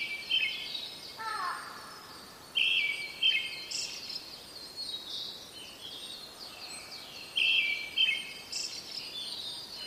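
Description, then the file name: Brown-headed thrush song: short trilled phrases repeated every few seconds, with a lower descending note, while other birds chirp higher in the background. "akahara"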